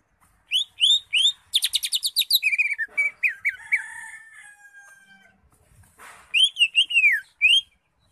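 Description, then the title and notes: Greater Green Leafbird song: arched whistles, a fast trill, slurred descending notes over a thin steady whistle, then another series of looping whistled phrases. Used as a master training recording for caged birds. "Suara Burung Cucak Ijo. mantap buat masteran burung cak ijo"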